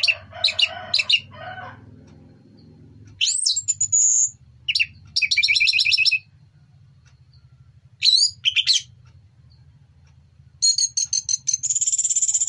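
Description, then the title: Orange-headed thrush singing varied phrases: sharp rising whistles, buzzy trills and thin high notes in short bursts, over a steady low hum throughout. Morning song of an Orange-headed thrush used as a lure recording. "Pancingan Anis Merah Plong Santai Pagi Hari"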